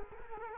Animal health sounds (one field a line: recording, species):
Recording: mosquito wingbeat signal from an infrared sensor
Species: Culex quinquefasciatus